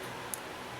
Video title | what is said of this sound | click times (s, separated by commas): Consew Sewing Machine P1255RB Demo | click right there that means it's engaged in the check spring | 0.3 s